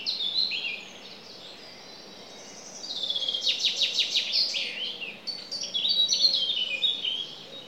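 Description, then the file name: Common chaffinch song: a descending trill of rattling notes in the middle, with high twittering before and after it. "Fringilla coelebs"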